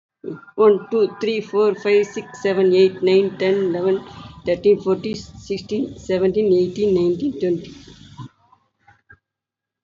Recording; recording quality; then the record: counting at a fast pace; excellent, no background noise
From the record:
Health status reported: healthy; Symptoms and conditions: none ticked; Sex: female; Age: 59 years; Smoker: not ticked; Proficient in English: no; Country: India